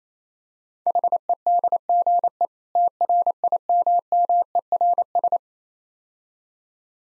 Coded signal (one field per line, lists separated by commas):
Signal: Morse code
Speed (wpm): 29 wpm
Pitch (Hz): 700 Hz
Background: none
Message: HEDGE TRIMMERS